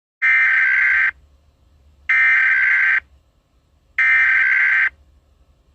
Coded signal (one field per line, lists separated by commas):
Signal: Emergency Alert System (SAME) tones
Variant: header bursts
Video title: EAS SCENARIO 11: Cretaceous and Maelstrom